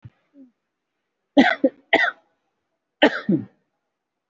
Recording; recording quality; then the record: shallow voluntary cough; excellent, no background noise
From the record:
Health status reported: COVID-19 positive, no symptoms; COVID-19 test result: positive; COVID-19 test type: RT-PCR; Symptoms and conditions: breathing difficulty, diabetes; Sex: male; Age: 58 years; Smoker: no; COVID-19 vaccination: both doses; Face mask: worn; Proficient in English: yes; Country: India